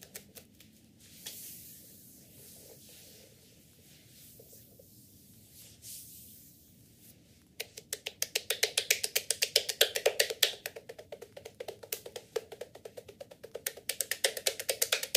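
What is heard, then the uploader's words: Bamboo massage on a body, starting with soft, sparse rubbing and brushing sounds over a low steady rumble. From about eight seconds it turns into fast, regular wooden tapping and rolling clicks, bright and dense, keeping up a steady rhythm to the end. ASMR Bamboo massage by Olga. Asmr Wood Japanese therapy. Wood Japanese massage.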